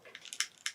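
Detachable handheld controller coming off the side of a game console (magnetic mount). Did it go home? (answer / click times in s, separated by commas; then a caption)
released / 0.4 s, 0.7 s. The release button on a detachable plastic controller for a switched-off Nintendo Switch 2 is pressed, giving two crisp plastic clicks at 0.4 s and 0.7 s among faint clatter. Rather than freeing a catch, the button firmly pushes the controller off the console's magnetic side mount, and the controller comes away.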